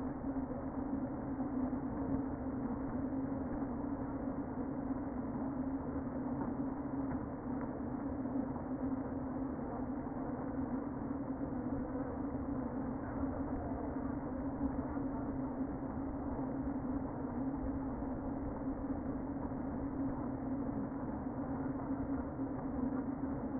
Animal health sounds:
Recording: honeybee colony, microphone inside the hive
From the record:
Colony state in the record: queen present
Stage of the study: before two queens were removed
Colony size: about 60,000 bees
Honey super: yes

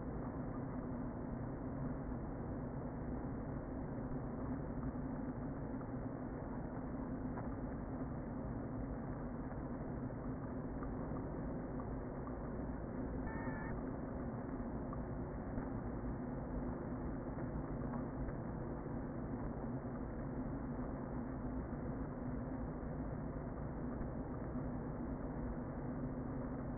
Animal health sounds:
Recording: honeybee colony, microphone inside the hive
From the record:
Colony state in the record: queen present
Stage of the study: before two queens were removed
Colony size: about 60,000 bees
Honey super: yes

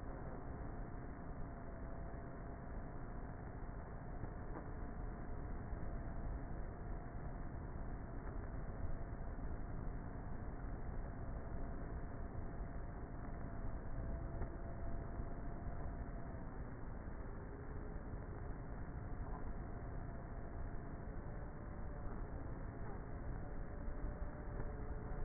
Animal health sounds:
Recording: honeybee colony, microphone inside the hive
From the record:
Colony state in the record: queenless with a low population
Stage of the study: before two queens were removed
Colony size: about 30,000 bees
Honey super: no

